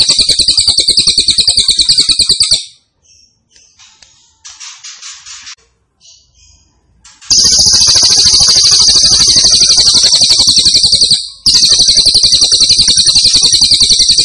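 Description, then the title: Grey-cheeked tit-babbler song of long, loud, high buzzing trills with rhythmic pulses, interrupted once by a gap of quieter chirps and briefly mid-phrase. Cililin described as gacor, singing persistently, with a strong voice (suara mantap). "Cililin AMPUH. Cililin Gacor Suara Mantap"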